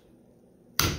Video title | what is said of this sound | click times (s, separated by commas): Disassembling a Stevens Model 94 | snaps into place so I'll show you one more time you just Flex the end out and | 0.8 s